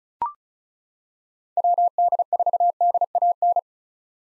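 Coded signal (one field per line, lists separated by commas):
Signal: Morse code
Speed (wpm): 34 wpm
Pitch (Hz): 700 Hz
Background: none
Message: WD4DAN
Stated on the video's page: Morse code practice at 35 wpm of common POTA hunter call signs for head-copy, each sent, then spoken, then sent again.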